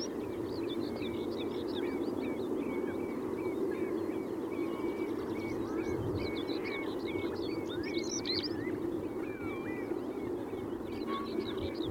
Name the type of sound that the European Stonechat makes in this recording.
song